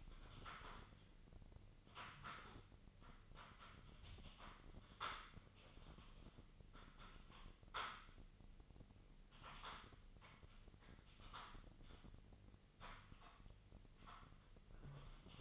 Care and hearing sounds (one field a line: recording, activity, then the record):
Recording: daily activity, microphone in the room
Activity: typing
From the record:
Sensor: 4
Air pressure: 1008.4 hPa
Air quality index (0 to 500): 82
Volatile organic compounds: 1 ppm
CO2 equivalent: 652 ppm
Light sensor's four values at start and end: 15/35/14/14 and 15/34/14/14